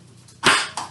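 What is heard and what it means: A triangular valve is pushed into its socket at the bottom of the black plastic solution tank on a Rotowash M20S machine, with the flat end of the triangle sitting toward the bottom of the tank. A broad, loud click comes at 0.5 s, then a second, sharper and quieter click at 0.8 s. The valve seats in the tank.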